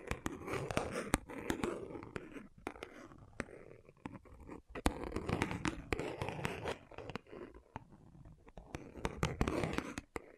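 Quick tapping and scratching on surfaces, with no talking. Sharp, bright clicks land many times per second in uneven bursts, over a soft, textured rustle that fills the gaps. The pace stays busy throughout, with a few brief near-silent pauses around four, five and eight seconds.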